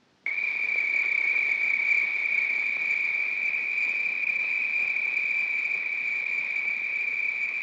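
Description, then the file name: Crickets in a dense, continuous chorus: after a brief silence, an unbroken high, steady trilling drone with no pauses, holding at an even level. "Wall of Crickets"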